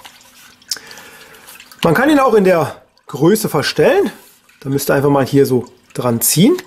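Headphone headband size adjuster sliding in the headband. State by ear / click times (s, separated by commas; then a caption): not seated / none. Someone talks while handling August EP640 Bluetooth over-ear headphones, reaching for the plastic headband slider to pull on it and change the size. A few faint handling taps come in the first two seconds before the talking takes over. Nothing has clicked or locked into a detent yet.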